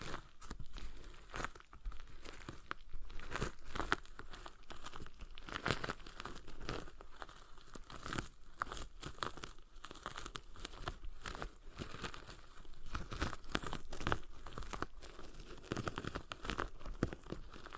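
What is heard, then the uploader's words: A stress ball is squeezed and worked over and over, giving a steady run of crinkly, crackling rustles with a few sharper tearing-like bursts. The texture is dense and bright, with irregular pops throughout and no pauses across the whole stretch. ASMR Relaxing Stress Ball Sounds (No Talking).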